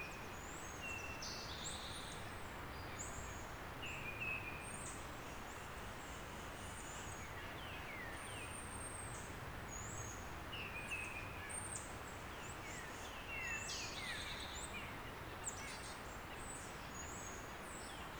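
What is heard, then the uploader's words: A waterfall roars steadily and low through the whole recording while many birds chirp and trill high above it, calling often and overlapping. In Brevard, NC on See Off Mountain, and includes a chorus of birds and the Dunn’s Creek waterfall. Soundcast: Brevard Birds in Spring.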